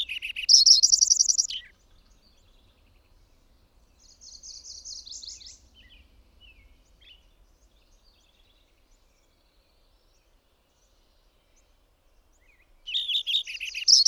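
Bird song: the end of a bright trilled phrase, a softer high trill, a long silence, then the loud phrase starting again.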